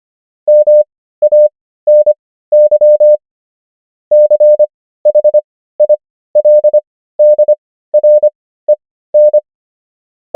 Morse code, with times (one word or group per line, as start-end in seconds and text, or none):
0.5-3.2 MANY
4.1-9.4 CHILDREN